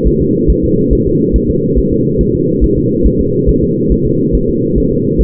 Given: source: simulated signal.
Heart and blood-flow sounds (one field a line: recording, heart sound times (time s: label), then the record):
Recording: fetal heart sounds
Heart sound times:
0.08 s: S1
0.22 s: S2
0.50 s: S1
0.64 s: S2
0.93 s: S1
1.07 s: S2
1.36 s: S1
1.50 s: S2
1.78 s: S1
1.93 s: S2
2.21 s: S1
2.35 s: S2
2.64 s: S1
2.78 s: S2
3.06 s: S1
3.21 s: S2
3.49 s: S1
3.63 s: S2
3.92 s: S1
4.06 s: S2
4.35 s: S1
4.49 s: S2
4.78 s: S1
4.92 s: S2
5.21 s: S1
From the record:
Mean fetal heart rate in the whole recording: 140 bpm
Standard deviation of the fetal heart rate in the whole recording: 2 bpm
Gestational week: 34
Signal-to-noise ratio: -11.2 dB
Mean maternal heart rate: 72 bpm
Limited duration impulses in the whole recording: present